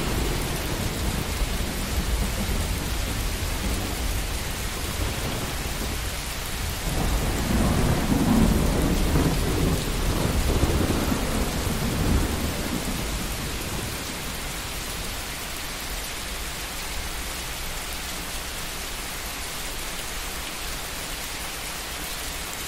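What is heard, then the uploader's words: Rain falls steadily and densely throughout, a fine hiss across the whole range. Between about seven and thirteen seconds a low rolling rumble of thunder swells beneath it, then fades, leaving the even rain pattering on alone. Binaural Rain and Thunder Sounds at Night. Binaural rain and thunderstorm sounds.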